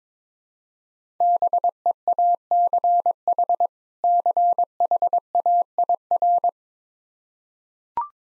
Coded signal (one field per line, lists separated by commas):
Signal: Morse code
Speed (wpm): 22 wpm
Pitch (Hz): 700 Hz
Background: none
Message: BEACH CHAIR